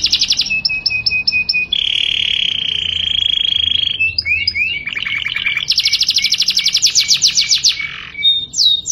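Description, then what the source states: Canary song of a short trill and repeated chips leading into a long sustained roll, then warbling twitters and a fast pulsing high trill. Canary song in the long-rolling style called ngerol panjang.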